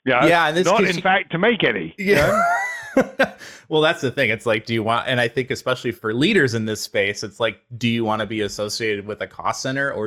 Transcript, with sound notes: Yeah, and this-
-not, in fact, to make any. You know?.
[laugh] Well, that’s the thing. It’s like, do you want and I think, especially for leaders in this space, it’s like, do you want to be associated with a cost center?